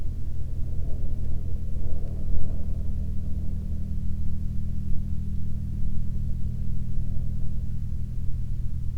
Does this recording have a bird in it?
no